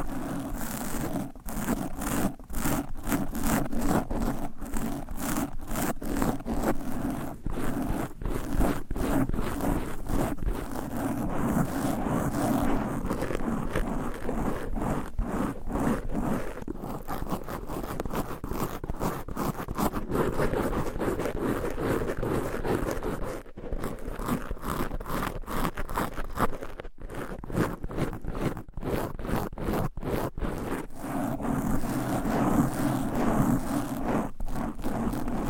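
Fast, aggressive scratching of nails across microphone covers, a dense run of rapid raspy strokes that barely lets up for the whole clip. The scraping has a strong low rumble under it, and the rhythm shifts in speed as the surfaces change, with a few brief gaps.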